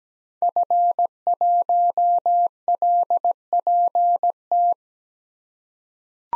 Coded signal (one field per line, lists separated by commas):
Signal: Morse code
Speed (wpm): 17 wpm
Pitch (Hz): 700 Hz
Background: none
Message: F1LPT